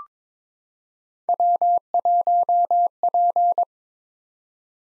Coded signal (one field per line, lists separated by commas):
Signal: Morse code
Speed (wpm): 22 wpm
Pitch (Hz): 700 Hz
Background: none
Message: W1P